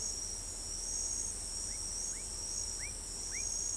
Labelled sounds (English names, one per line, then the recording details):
none
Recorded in pastures near Pivijay, Magdalena, Colombia, on 1 June 2023 at 04:00
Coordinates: 10.456, -74.369
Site P6-G026